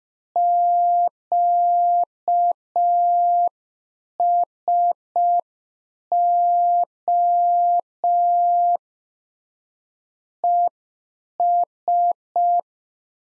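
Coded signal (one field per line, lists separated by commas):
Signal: Morse code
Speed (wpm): 5 wpm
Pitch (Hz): 700 Hz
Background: none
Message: QSO ES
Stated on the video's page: Practice QSO ending segment (pleasantries, 73) sent at 5 wpm for head-copy drill, sent in Morse, spoken, then sent again.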